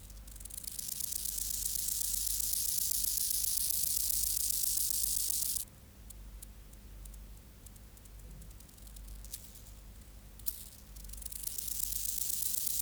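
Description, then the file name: Rufous grasshopper song: a loud sustained high buzz, then a pause with faint clicks before the hissing buzz starts again near the end. "Gomphocerippus rufus"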